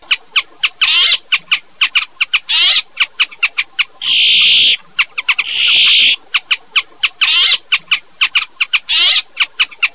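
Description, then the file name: Brambling calls: two long, buzzy wheezing notes among many rapid sharp clicks and short buzzy bursts, loud and distorted. "PEPPOLA"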